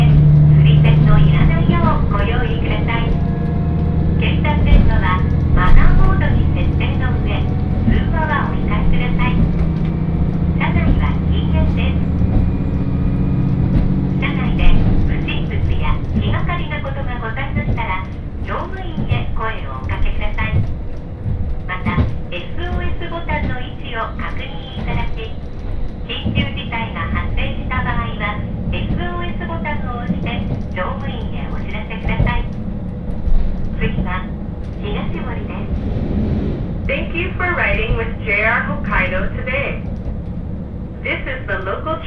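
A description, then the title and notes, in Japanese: Inside a train on a branch line, steady low rumble of the carriage under conversation, the engine droning louder during the first fifteen seconds. 鉄道旅 函館本線砂原支線 森→鹿部。キハ40系の単行で。というわけでロングシートに座っていきます。途中の渡島砂原までは駅間も短めで、徐々に駒ヶ岳が近づいてきますが、日も暮れて空も暗くなります。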